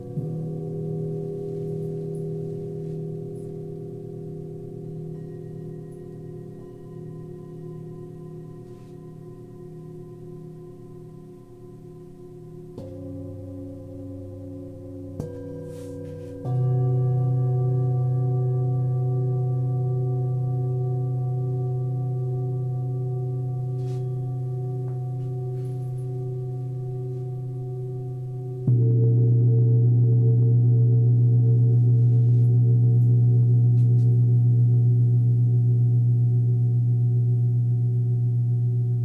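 Tibetan singing bowls ring in long, steady layered tones, with new strikes or rubs swelling in around 13, 16 and 29 seconds, each raising the volume. The sound is low and warm, with sustained overtones above and faint clicks and taps in the background.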